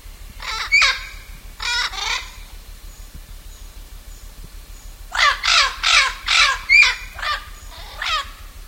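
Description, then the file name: Blue-fronted amazon giving harsh, raspy squawks, two pairs near the start, then a rapid run of about six loud screeches after a pause, over a steady low hum. "blue fronted parrot"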